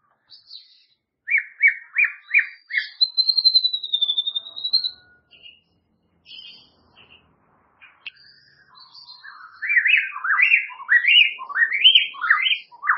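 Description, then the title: White-rumped shama song: repeated whistled notes, a long wavering whistle, then a fast varied sequence of rising whistled phrases. "murai batu"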